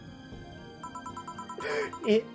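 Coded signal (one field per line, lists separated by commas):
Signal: none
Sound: game sound beeps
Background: speech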